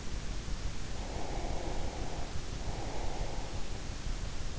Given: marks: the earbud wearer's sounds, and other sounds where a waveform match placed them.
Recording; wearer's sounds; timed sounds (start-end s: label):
sounds in sleep by an in-ear microphone; breath
0.98-3.57 s: breath